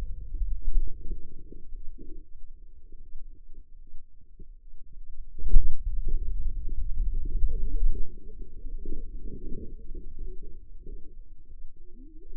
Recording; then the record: forearm muscle sounds (acoustic myography)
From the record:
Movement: hand closing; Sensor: system 2, bracelet of six BSWA MPA416 microphones around the upper forearm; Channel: 5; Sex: female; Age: 25 years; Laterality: right